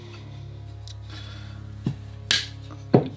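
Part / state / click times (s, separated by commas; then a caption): hinge pin plate into RC car rear bulkhead / seated / 2.3 s. The plastic rear hinge pin plate of an HPI Baja 5B Flux RC car is dropped into the rear bulkhead and pressed down; it snaps in with a sharp click at 2.3 s, between softer knocks near 1.9 s and 2.9 s over a steady low hum. The plate is seated, so the bulkhead screws did not need to be loosened to get it in.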